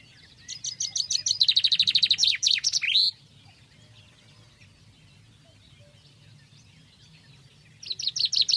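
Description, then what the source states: Common Chaffinch singing one full rattling phrase of quick notes that slides downward into a terminal flourish, then a pause with low background rumble before the next phrase begins. Chaffinch song heard outdoors in gardens, woods and city parks; chaffinches start singing again in February, early sign of spring.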